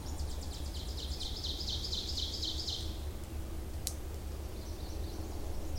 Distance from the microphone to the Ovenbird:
about 70 m